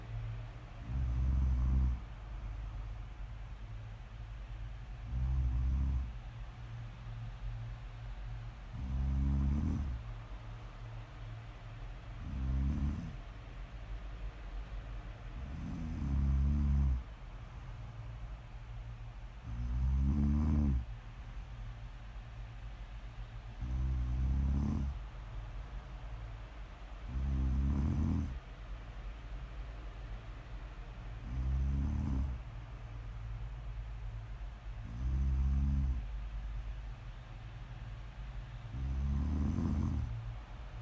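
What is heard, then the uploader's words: Snoring repeats in a slow, steady rhythm, with a deep rumbling snore roughly every four seconds, about eleven in all. Each snore is low and buzzy, swelling and fading over a second or so. A faint, even hiss fills the quiet gaps between breaths. ASMR snoring.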